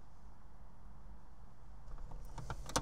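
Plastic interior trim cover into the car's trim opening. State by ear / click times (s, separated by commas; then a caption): seated / 2.8 s. On a Fisker Ocean during an ADAS fan fix, after the fan wire connector is reconnected, a plastic interior trim cover is pushed back into its trim opening in the car. A low steady hum is broken by several light plastic taps and rustles building from about 2.0 s. A sharp loud snap at 2.8 s marks the cover seating in place.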